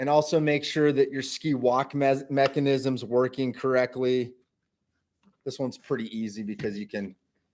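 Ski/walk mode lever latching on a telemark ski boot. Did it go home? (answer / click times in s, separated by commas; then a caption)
no / none. A ski/walk mode lever on a telemark ski boot is being handled by hand while someone talks, with a brief faint sound near 5.2 s during a pause. Nothing has latched or clicked into position yet.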